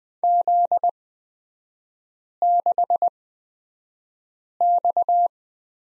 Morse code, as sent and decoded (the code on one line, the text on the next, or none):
--.. -.... -..-
Z6X